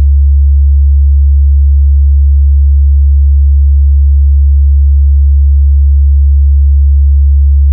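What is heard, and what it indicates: Steady, very low, unchanging pure hum: a test tone used in tinnitus determination to match the pitch of tinnitus.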